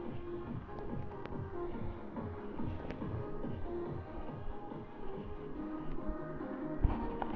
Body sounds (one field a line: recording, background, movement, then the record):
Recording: deep breathing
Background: music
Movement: walking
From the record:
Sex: male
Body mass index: 23.7 kg/m2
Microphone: on the chest, facing the body